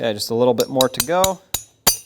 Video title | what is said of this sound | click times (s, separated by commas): How to Replace Rear Outer Wheel Bearings 2007-2014 Chevrolet Silverado 2500 HD | and there it goes snapped right in everything is perfectly seated | 1.9 s